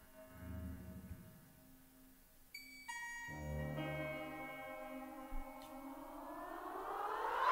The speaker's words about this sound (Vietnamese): Tiếng gió rít qua bãi lau sậy, nghe dần dần.